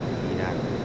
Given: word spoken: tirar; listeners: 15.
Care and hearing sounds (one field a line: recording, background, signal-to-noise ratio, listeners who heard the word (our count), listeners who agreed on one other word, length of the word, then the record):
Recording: one Spanish word in noise, from a listening test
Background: speech-shaped noise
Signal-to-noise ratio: -5.2 dB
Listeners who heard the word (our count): 0 of 15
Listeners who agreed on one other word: 9 of 15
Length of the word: 0.45 s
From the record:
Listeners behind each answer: 9, 2, 1, 1, 1, 1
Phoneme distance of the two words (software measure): 10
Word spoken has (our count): 2 syllables, 5 phonemes, stress on syllable 2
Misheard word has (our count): 2 syllables, 5 phonemes, stress on syllable 2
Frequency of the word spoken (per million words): 14.26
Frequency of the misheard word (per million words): 49.50